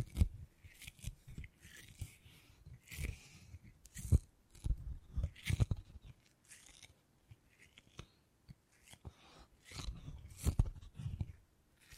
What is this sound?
Brain Tingly Sounds Using Beeswax